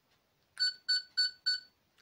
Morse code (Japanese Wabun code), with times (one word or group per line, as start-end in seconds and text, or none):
none